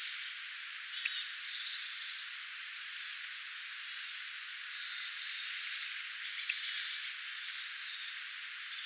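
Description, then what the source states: Flock of tits giving a run of very high thin seeps and buzzy chirping clusters, several callers overlapping, over constant hiss. Flock of tits, recorded 25 October 2024.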